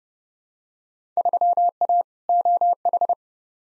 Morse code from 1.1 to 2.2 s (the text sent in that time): 3A